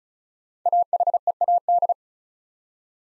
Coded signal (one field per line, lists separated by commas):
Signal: Morse code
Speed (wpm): 36 wpm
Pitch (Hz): 700 Hz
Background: none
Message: AHEAD